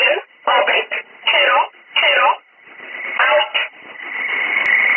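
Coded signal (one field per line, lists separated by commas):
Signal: numbers station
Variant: E11 Oblique, English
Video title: 08 11 2017 Numbers station E11 Oblique in English to Eu 0900 on 9446 unknown tx site in USB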